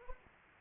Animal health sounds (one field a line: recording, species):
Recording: mosquito wingbeat signal from an infrared sensor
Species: Anopheles arabiensis